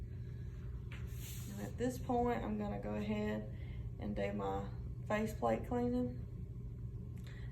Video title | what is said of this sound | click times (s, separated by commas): Trach suction/care validation | now I can place the sock in the patient and start down at nine o'clock and turn it until it clicks back in they clicked | 0.9 s